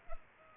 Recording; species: mosquito wingbeat signal from an infrared sensor; Culex pipiens